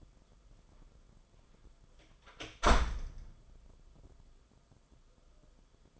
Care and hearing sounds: daily activity, microphone in the room; close door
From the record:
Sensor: 5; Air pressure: 994.5 hPa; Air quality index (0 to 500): 186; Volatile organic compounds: 1000 ppm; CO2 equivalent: 5475 ppm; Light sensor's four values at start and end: 14/36/14/16 and 13/31/13/14

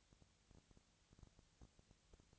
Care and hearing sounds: daily activity, microphone in the room; no activity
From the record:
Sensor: 3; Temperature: 20.4 degrees Celsius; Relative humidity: 34.4%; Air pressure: 996.9 hPa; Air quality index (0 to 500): 205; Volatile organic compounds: 68 ppm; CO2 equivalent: 3504 ppm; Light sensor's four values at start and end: 2/3/2/2 and 2/3/2/2

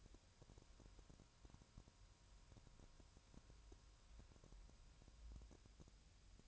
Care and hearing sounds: daily activity, microphone in the room; wipe stove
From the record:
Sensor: 2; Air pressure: 1000.4 hPa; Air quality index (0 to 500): 170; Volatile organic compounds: 3 ppm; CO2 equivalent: 1412 ppm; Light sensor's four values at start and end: 10/24/10/11 and 10/24/10/11

